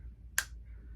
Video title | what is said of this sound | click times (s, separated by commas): New products that arrived + my review on the Karen Kay Buckley Scissors | You have to snap it on so you can hear it snap against this. Listen, | 0.4 s